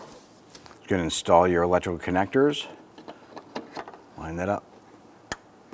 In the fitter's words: it down you can hear it and feel it snap into place